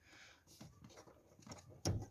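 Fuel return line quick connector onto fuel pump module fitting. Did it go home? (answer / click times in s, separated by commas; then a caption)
yes / 1.9 s. During a fuel pump strainer cleaning on a BYD F3R, the fuel return hose quick connector is pushed onto the fuel pump module fitting. Quiet handling noises and soft taps lead up to a sharp, loud click at 1.9 s as the connector seats.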